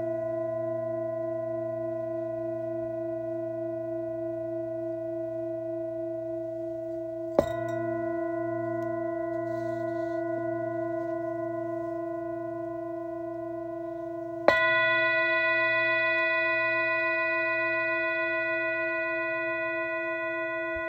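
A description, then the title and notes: Tibetan singing bowls hum a steady low drone with bright ringing overtones, freshly struck at about seven and fourteen seconds, then slowly fading. Sounds of Tibetan Singing Bowls.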